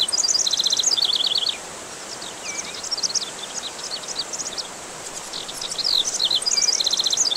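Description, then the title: Songbird song: fast, high chattering trills and staccato chirps in quick phrases with a short quieter gap, over a continuous hiss of falling water. Songbird song combined with waterfall sound, used as therapy to help stressed birds recover and sing regularly again. "Kombinasi suara kicauan dan air terjun untuk terapi pemulihan burung stres"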